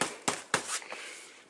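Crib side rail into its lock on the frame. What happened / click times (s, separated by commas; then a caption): The rail latch snapped into its lock / 0.3 s, 0.5 s. The side rail of an Original Arm's Reach Co-Sleeper crib is pulled up into position on the frame. Two sharp clicks at 0.3 s and 0.5 s mark it locking into place, and it is not broken.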